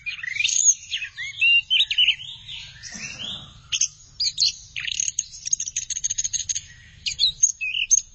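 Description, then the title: Thrush delivering varied warbled phrases, slurred whistles followed by clipped, rapidly repeated high notes, over a faint low rumble. "burung anis x"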